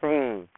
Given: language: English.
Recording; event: throat vibration sensor signal played as sound; speech